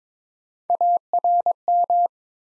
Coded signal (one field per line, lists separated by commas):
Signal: Morse code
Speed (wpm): 22 wpm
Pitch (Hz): 700 Hz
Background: none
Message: ARM